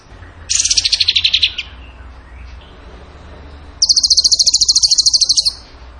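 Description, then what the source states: Bird song of two rapid high trills, the first slightly falling, the second steady and longer, with a quiet gap between. Song in the tembakan gacor style, used for training cage birds.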